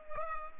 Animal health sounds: mosquito wingbeat signal from an infrared sensor; Culex pipiens

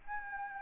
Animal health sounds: mosquito wingbeat signal from an infrared sensor; Anopheles arabiensis

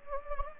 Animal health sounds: mosquito wingbeat signal from an infrared sensor; Anopheles gambiae

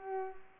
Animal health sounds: mosquito wingbeat signal from an infrared sensor; Culex pipiens

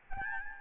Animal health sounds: mosquito wingbeat signal from an infrared sensor; Aedes albopictus

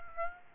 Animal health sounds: mosquito wingbeat signal from an infrared sensor; Aedes aegypti

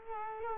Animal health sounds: mosquito wingbeat signal from an infrared sensor; Culex quinquefasciatus

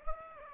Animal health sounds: mosquito wingbeat signal from an infrared sensor; Aedes aegypti

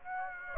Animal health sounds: mosquito wingbeat signal from an infrared sensor; Aedes aegypti

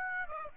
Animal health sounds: mosquito wingbeat signal from an infrared sensor; Aedes aegypti

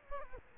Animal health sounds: mosquito wingbeat signal from an infrared sensor; Culex quinquefasciatus

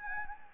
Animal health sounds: mosquito wingbeat signal from an infrared sensor; Anopheles gambiae

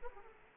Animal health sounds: mosquito wingbeat signal from an infrared sensor; Aedes aegypti

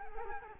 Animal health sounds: mosquito wingbeat signal from an infrared sensor; Culex quinquefasciatus

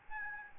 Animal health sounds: mosquito wingbeat signal from an infrared sensor; Aedes albopictus

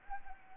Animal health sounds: mosquito wingbeat signal from an infrared sensor; Anopheles arabiensis

